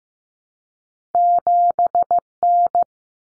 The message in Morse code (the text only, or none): 7N